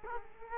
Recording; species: mosquito wingbeat signal from an infrared sensor; Culex quinquefasciatus